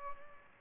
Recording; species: mosquito wingbeat signal from an infrared sensor; Culex pipiens